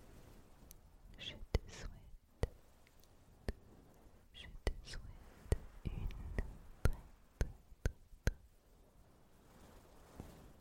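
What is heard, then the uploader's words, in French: Brushing on a microphone, with soft scraping strokes rising and falling under a steady low rumble. Sharp clicks and taps cut through at irregular moments, roughly every half second to a second, and a few brighter swishes stand out near 1, 4.5 and 6 seconds. ASMR - 30 minutes de brushing. Brushing sur le micro (avec et sans bonnette).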